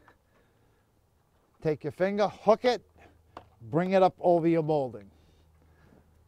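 Someone talks while a finger hooks the vinyl siding molding and brings it up over the molding/trim to lock it in. The vinyl molding has not yet locked or clicked into place by the end of the clip.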